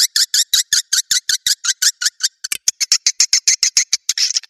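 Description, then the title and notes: Swiftlet chirping calls: a rapid train of high, buzzy chirps with short gaps between them. Sound used in swiftlet farming in Asia to attract birds. "Swiflet Bird Sound. Farming Swiflet Bird asia sound"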